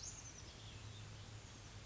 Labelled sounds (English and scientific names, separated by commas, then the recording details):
Oak Titmouse (Baeolophus inornatus)
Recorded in Sonoma County, California